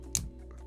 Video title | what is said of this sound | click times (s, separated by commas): Is Death Quetzalcoatl The ULTIMATE Balance Type!!? - Beyblade Unboxing & Battles | and the satisfying click on the performance tip | 0.2 s